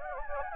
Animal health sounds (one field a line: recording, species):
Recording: mosquito wingbeat signal from an infrared sensor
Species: Anopheles gambiae